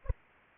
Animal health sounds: mosquito wingbeat signal from an infrared sensor; Anopheles arabiensis

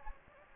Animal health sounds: mosquito wingbeat signal from an infrared sensor; Anopheles gambiae

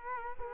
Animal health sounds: mosquito wingbeat signal from an infrared sensor; Culex quinquefasciatus

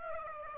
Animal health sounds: mosquito wingbeat signal from an infrared sensor; Aedes aegypti

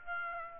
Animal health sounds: mosquito wingbeat signal from an infrared sensor; Aedes aegypti

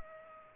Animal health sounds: mosquito wingbeat signal from an infrared sensor; Culex pipiens

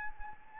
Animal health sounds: mosquito wingbeat signal from an infrared sensor; Anopheles arabiensis

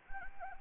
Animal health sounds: mosquito wingbeat signal from an infrared sensor; Anopheles arabiensis

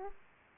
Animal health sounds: mosquito wingbeat signal from an infrared sensor; Aedes aegypti

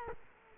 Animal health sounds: mosquito wingbeat signal from an infrared sensor; Culex quinquefasciatus

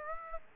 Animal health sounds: mosquito wingbeat signal from an infrared sensor; Aedes aegypti

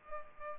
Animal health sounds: mosquito wingbeat signal from an infrared sensor; Culex pipiens

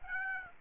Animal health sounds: mosquito wingbeat signal from an infrared sensor; Aedes aegypti

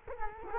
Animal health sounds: mosquito wingbeat signal from an infrared sensor; Culex quinquefasciatus

